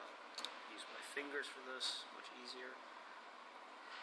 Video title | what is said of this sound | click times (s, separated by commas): Repairing Galaxy Nexus Power Button | You should hear a click. A small little click. You should even feel it as well. | 0.5 s